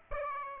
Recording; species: mosquito wingbeat signal from an infrared sensor; Aedes aegypti